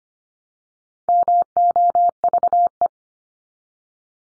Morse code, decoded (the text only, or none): MOVE